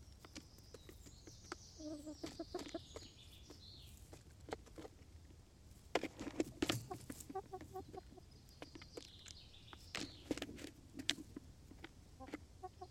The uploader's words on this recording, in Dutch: Chickens making little noises while eating. Kippen die geluidjes maken terwijl ze eten.